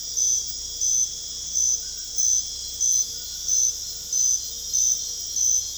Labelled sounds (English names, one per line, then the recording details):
none
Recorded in dense forest near Puerto Asís, Putumayo, Colombia, on 21 December 2024 at 22:00
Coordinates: 0.486, -76.317
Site G003